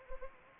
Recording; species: mosquito wingbeat signal from an infrared sensor; Anopheles gambiae